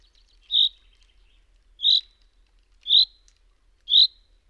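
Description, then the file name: Common chaffinch repeating a short, sharp, high call note roughly once a second, four times, over faint low background hum. "pinson des arbres"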